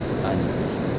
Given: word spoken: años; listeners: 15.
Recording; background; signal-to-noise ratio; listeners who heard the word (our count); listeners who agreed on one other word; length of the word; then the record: one Spanish word in noise, from a listening test; speech-shaped noise; -4.6 dB; 4 of 15; 7 of 15; 0.59 s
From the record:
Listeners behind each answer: 7, 4, 1, 1, 1, 1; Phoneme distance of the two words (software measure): 10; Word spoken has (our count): 2 syllables, 4 phonemes, stress on syllable 1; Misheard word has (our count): 2 syllables, 4 phonemes, stress on syllable 1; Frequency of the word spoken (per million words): 1330.81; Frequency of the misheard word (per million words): 1.24